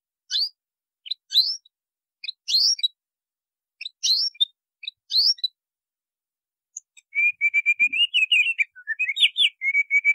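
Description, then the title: White-rumped Shama: sparse sharp high chirps roughly once a second, then a rapid, even trill of repeated notes broken by a few higher flourishes. Masteran training song. "MASTERAN MURAI BATU LABAIK"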